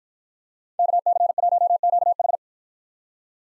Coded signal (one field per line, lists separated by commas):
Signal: Morse code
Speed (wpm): 52 wpm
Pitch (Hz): 700 Hz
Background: none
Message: KC1QH